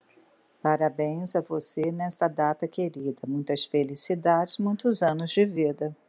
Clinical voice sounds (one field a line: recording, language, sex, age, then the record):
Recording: short text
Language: Brazilian Portuguese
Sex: female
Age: 60 to 69 years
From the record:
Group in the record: control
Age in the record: 60 years